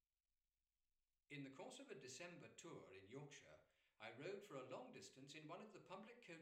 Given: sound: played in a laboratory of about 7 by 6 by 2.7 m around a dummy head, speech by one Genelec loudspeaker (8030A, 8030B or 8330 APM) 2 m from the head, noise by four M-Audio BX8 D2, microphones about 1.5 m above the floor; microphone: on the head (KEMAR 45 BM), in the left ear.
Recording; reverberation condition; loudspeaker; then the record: male speech in English; medium; 60 degrees to the left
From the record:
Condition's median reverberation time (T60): about 510 ms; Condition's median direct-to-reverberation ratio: about -0.5 dB